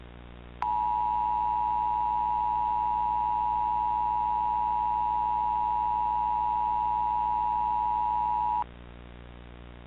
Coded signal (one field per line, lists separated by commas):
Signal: Emergency Alert System (SAME) tones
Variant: 853 and 960 Hz attention tone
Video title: [EAS Scenario / Analog Horror] - Macabre